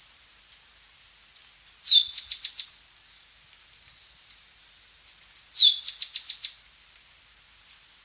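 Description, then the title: Tepui brush finch with two clear phrases about four seconds apart, a downslurred note then several quick high notes, single soft chips in between, over a steady high drone. "LuckyPassaro Completos2Sama. Tepui Brush Finch"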